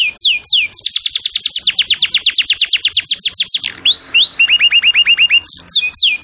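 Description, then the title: Canary song with rapid repeated high downslurred notes in long trills, a short whistled glide, then a steadier run of lower repeated notes. Domestic canary singing in cengkok song style. "Cengkok Kenari Mewah. MASTERAN KENARI CENGKOK mewah"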